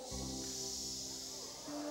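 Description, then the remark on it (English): A preacher's voice in a sermon makes a long, steady shushing sound, imitating Jesus calming the uprisings in one's life, a breathy hiss held for about two seconds over sustained, low, organ-like musical tones. “When there's uprising in your life, he can go shh.”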